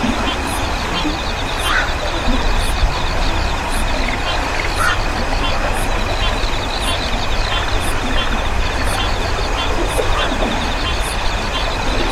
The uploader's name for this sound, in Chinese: 静静的河流蛙虫啼鸣